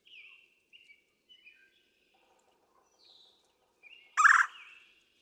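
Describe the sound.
Red-bellied woodpecker giving one short, harsh rolling churr near the end, after several faint, thin whistles.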